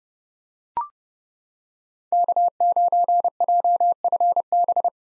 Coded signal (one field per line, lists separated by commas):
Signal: Morse code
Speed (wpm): 30 wpm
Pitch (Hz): 700 Hz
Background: none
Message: K9JFB